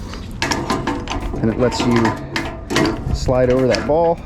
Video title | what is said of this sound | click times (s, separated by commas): 3 Types of Knockout Sets Electricians Use - Electrician Tool Review | this locks in place | 0.4 s